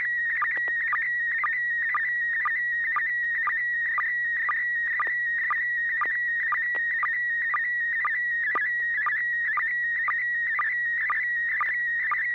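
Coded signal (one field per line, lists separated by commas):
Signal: SSTV (slow-scan television)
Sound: warbling, fluttering tone around 2 kHz with short regular low blips, like a whistling modem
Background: low steady hum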